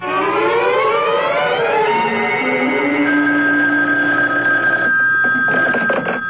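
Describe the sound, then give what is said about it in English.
A telephone being dialed in an attorney's office, heard as sliding, shifting electronic tones that settle into a steady, bright ringing tone with pulsing bursts toward the end. No one speaks. “I wonder if I might use your phone.”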